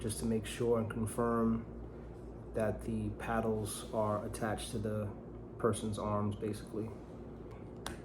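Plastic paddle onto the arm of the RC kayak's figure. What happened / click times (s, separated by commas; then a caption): The small plastic part snapped into place / 7.9 s. A small plastic paddle is pushed onto the arm of the toy paddler figure of a DEERC RC kayak while someone talks, to make sure the paddle is attached. A single sharp snap at 7.9 s confirms the paddle has clicked into place on the figure's arm.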